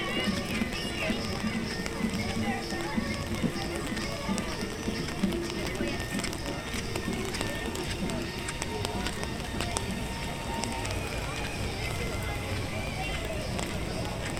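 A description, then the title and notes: A walk through Disney's Animal Kingdom park, with a steady, dense murmur of crowd chatter, scattered voices and clatter, and faint tones overhead. Take a walk through Animal Kingdom park in Walt Disney World.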